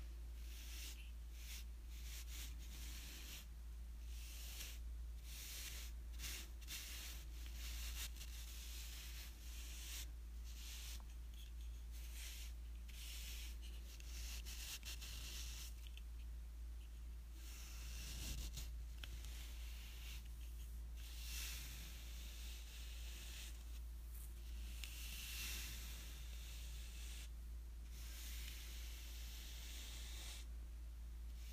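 Paint brushes scrub steadily across a surface in quick, dense bristly strokes, over a constant low hum throughout.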